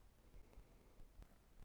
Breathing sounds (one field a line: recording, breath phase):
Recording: one breath near a microphone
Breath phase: inhalation